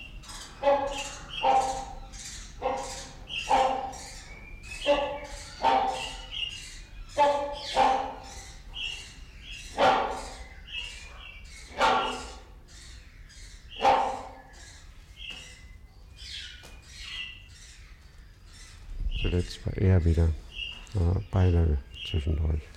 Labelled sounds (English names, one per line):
Blue-winged Kookaburra call